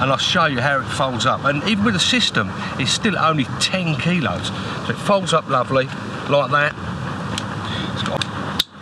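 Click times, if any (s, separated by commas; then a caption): 8.6 s. A lightweight folding fishing bedchair, with a metal or alloy frame and plastic hinges, is folded up while someone talks. Its folding frame locks in the folded position with a sharp click at 8.6 s, seating into place.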